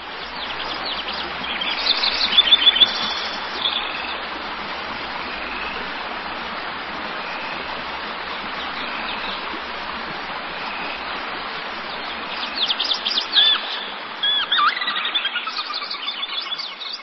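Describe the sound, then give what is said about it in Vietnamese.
A steady rush of flowing water runs throughout, with bright bird chirps and tweets breaking through in short bursts near the start and again toward the end. “Nói rồi, chim vỗ cánh bay đi.”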